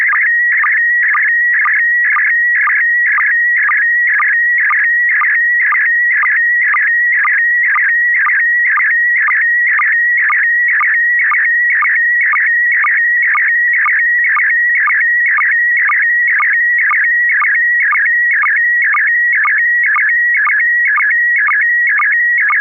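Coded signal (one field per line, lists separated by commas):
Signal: SSTV (slow-scan television)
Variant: PD mode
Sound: warbling tone around 2 kHz with regular low sync blips about twice per second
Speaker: I'm sorry it's going to be uh uh pd1 pd120 p p I'm sorry pd10 d d d [Laughter] d kp4md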